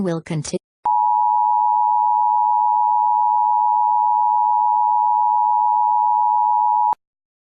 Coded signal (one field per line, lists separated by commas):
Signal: Emergency Alert System (SAME) tones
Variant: 853 and 960 Hz attention tone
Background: speech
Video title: EAS scenario 2, The White Death